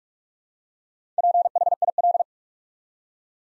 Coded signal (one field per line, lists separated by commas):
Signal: Morse code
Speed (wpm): 42 wpm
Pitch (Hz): 700 Hz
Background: none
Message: PHIL